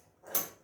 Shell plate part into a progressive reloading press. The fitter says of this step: and you can hear clicking into place